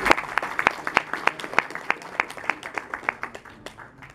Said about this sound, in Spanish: También lo recibimos con fuertes aplausos.